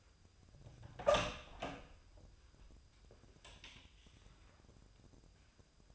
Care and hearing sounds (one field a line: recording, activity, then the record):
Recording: daily activity, microphone in the room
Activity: open door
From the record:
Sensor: 2